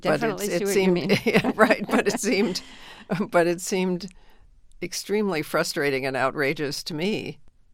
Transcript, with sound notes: Yeah, I definitely see what you mean.
But it seemed...
(LAUGHTER)
Right. But it seemed extremely frustrating and outrageous to me.